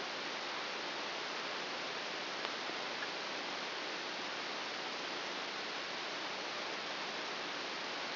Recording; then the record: brain microelectrode recording played as sound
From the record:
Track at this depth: inside the subthalamic nucleus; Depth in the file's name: 2.004 mm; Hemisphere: right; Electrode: 2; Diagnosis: Parkinson's disease